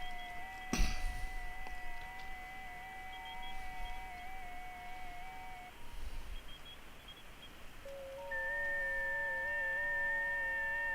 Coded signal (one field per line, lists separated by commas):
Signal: FT8